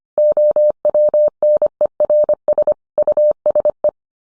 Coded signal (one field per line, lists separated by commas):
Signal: Morse code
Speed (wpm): 25 wpm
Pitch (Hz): 600 Hz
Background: none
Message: OWNERS USE